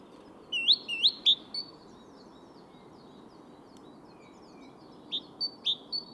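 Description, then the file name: Great tit calls: a few sharp upswept whistled notes in quick succession, a pause with faint high chips, then another rapid series of bright notes, over steady background noise. "Parus major"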